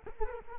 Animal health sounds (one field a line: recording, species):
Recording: mosquito wingbeat signal from an infrared sensor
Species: Culex quinquefasciatus